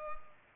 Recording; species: mosquito wingbeat signal from an infrared sensor; Culex pipiens